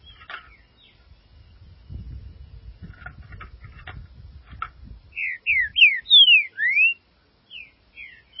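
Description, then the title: Green-winged saltator singing a rich phrase of five or six sweet, slurred whistles, mostly falling, after several seconds of soft clicking, with low background rumble. "Trinca Ferro"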